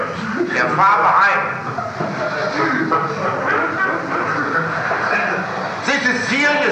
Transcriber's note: laughter